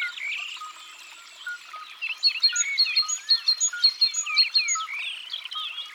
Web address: Mesange charbonniere. abc de la nature